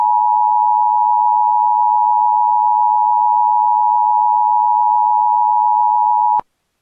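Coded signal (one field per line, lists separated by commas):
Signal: Emergency Alert System (SAME) tones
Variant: 853 and 960 Hz attention tone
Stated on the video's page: Mock EAS Required Monthly Test for Texas via IPAWSCAP, with valid tones and text-to-speech voices.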